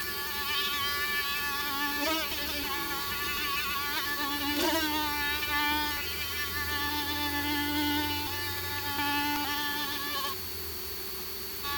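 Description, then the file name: Mosquitoes whining in a steady, high buzzing drone with several wavering tones that overlap and shift slightly in pitch, over a low constant hum; the whine softens near the end. "Hyttyset Inisev T Mosquitoes Whining"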